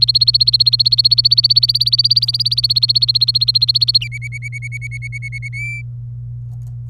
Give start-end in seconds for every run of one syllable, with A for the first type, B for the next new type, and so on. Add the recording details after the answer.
0.00-3.98 A, 4.01-5.48 B, 5.53-5.81 C. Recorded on 27 April 2018 at 09:35. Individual llb3